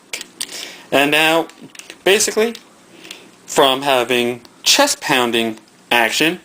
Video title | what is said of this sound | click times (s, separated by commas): Beast Wars Optimus Primal Review | move it all the way up, hear it click, | 0.1 s